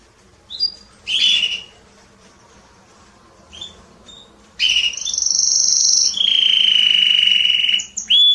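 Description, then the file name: Canary song: scattered short notes at first, then a loud high trill dropping into a lower sustained rolling tour. "Canary Voice"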